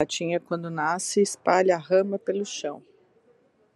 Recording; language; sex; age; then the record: short text; Brazilian Portuguese; female; 50 to 59 years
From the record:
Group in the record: control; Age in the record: 53 years